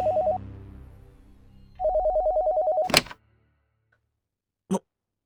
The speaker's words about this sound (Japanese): 電話なかなか出なかったんで、お留守かと思って切ろうとしてたんですよ。